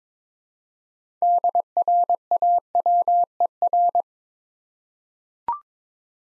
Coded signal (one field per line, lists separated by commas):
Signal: Morse code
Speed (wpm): 22 wpm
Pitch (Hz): 700 Hz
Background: none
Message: DRAWER